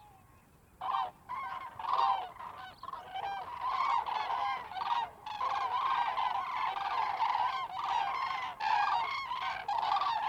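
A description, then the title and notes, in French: Cranes call in flight, a dense, overlapping chorus of rolling, trumpeting cries that begins about a second in and continues almost without pause. The calls are loud, with a strong mid-pitched core and brighter ringing overtones. A faint low rumble sits underneath. Grues - Cranes. Grues en vol - Polder Glies - Bremerhaven, Germany.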